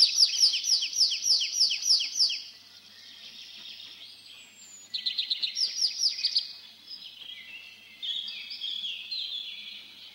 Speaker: Песня лесного конька слышна над лесными опушками и зарастающими сечами.